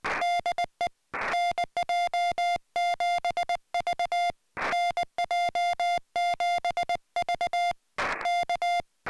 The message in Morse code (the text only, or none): DE NJ7V NJ7V K